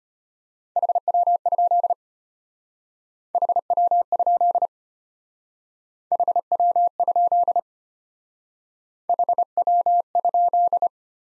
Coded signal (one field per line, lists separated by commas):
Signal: Morse code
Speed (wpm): 33 wpm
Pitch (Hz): 700 Hz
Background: none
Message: HW? HW? HW? HW?